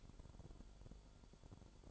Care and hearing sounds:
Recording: daily activity, microphone in the room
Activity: light off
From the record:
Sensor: 5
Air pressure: 1008.0 hPa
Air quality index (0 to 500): 105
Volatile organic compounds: 1 ppm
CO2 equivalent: 820 ppm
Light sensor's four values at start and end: 30/70/28/27 and 30/69/28/27

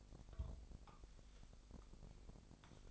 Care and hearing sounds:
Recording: daily activity, microphone in the room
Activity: take from stove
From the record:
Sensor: 5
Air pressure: 999.4 hPa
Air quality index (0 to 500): 224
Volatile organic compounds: 21 ppm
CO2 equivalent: 2733 ppm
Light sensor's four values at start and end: 31/71/29/28 and 32/73/29/29

